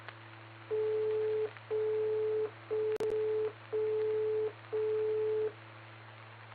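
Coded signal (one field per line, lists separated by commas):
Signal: none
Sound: repeater courtesy tone beeps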